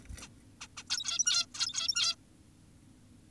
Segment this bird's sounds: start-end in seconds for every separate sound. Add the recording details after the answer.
0.22-0.28, 0.61-0.68, 0.77-0.84, 0.90-1.46, 1.55-2.16. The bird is an adult. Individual g17y2U